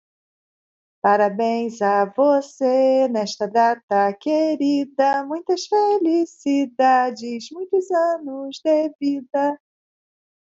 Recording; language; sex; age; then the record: short text; Brazilian Portuguese; female; 50 to 59 years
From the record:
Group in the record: control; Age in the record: 57 years